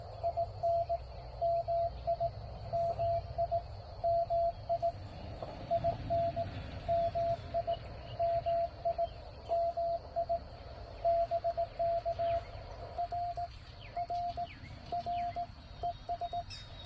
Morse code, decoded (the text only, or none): IN MI MI MI IN MI MI MI BK RRR ES